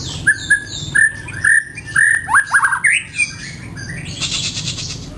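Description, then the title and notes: White-rumped shama song: short whistled notes in separate bursts, rising slurs and a warbled phrase, followed by a soft buzzy rattle. Song offered as a tutor (masteran) for training caged birds. "Suara Kicau Burung Murai Batu. burung murai buat masteran"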